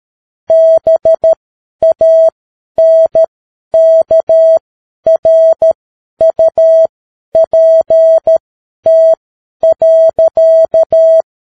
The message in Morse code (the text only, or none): BANKRUPT.